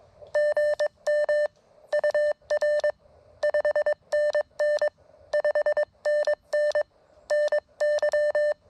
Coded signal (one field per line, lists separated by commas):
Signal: Morse code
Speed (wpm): 22 wpm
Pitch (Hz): 1800 Hz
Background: none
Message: GM UR 5NN 5NN NY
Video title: Frustrating.....but awesome! First Elecraft KX1 CW POTA activation at K-5221 9/30/23